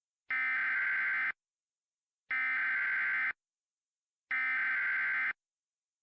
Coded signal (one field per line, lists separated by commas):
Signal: Emergency Alert System (SAME) tones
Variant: header bursts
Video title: *VALID TONES* The Great Buffalo Tornado (EAS Scenario)